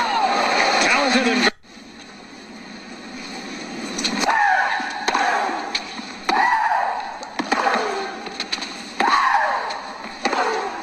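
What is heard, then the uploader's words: Bright grunting cries from a tennis player recur every second or two, each sharply starting and sliding down in pitch, over a steady background hiss. Women's Tennis Cries. Audio samples from women's tennis - performance lecture archive material - Sounding the Mimetic Faculty.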